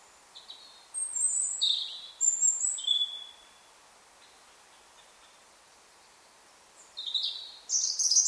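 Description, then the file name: European robin song: clear, high, sweet notes and quick trills in two short phrases, a few seconds of near silence, then another high twittering phrase starts. "Erithacus rubecula"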